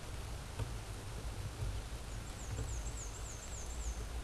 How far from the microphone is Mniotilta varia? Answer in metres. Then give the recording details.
about 45 m. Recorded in a Pennsylvania forest on 17 May 2023 at 14:15. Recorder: AudioMoth, point grid1_37_low. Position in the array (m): 47 m, 219 m